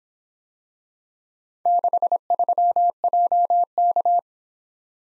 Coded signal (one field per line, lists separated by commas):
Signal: Morse code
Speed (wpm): 25 wpm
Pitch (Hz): 700 Hz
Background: none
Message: 63JK